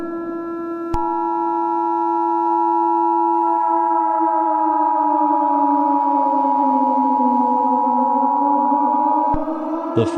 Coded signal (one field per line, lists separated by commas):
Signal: Emergency Alert System (SAME) tones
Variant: 853 and 960 Hz attention tone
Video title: (EAS Scenario #4) The Universe turns upside down - Remastered